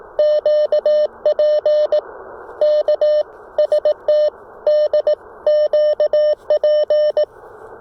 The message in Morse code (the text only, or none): QP K ST D QP